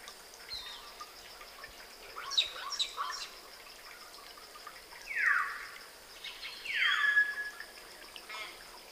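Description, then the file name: Common hill myna calls: a few clipped notes, then two loud slurred whistles sweeping steeply downward about two seconds apart, over a steady high hum. "Gracula religiosa"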